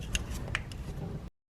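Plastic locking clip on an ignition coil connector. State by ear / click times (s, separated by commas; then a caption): seated / 0.2 s, 0.6 s, 0.7 s. On a 2009-2016 Volkswagen Tiguan 2.0L, with the new spark plugs and coil packs back in, the plastic locking clips on the ignition coil connectors are pushed back into place. Sharp, short clicks are heard at 0.2, 0.6 and 0.7 seconds over a low background hum. The clips all snap and seat into place.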